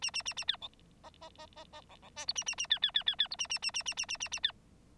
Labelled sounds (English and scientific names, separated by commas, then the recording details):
Bengalese Finch (Lonchura striata domestica) song
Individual Bird9